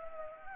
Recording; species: mosquito wingbeat signal from an infrared sensor; Anopheles gambiae